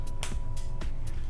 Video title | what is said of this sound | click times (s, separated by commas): How to Make a Leather Bowtie | these now snap into place | 0.2 s